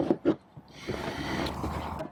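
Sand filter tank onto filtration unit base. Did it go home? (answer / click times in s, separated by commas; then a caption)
no / none. A sand filter tank is handled onto the plastic base of a pool filtration unit, where it is meant to be pushed and locked in place. Two short, low bursts sound at about 0.1 and 0.3 s, then a steady broadband rushing noise builds from about 0.7 s and holds to the end. Nothing has seated or clicked yet.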